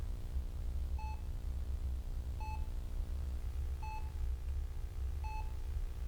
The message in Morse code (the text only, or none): none